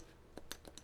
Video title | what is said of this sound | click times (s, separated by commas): Формула р1 - Анатомическое сиденье ??? | 6 point belts, you see, everything snaps into place, everything is grown-up. | 0.5 s